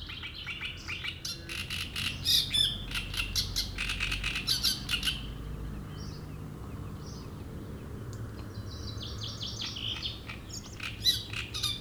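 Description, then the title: Great reed warbler song: loud, harsh, grating phrases of repeated croaking and chattering notes for about five seconds, then quieter softer notes and another short harsh burst. Reed bed at Chatillon beach, Chindrieux, France; harsh, strident song; a migrant that comes from Africa and can sing day and night. "Roselière plage Chatillon, Chindrieux, France - Rousserole turdoïde"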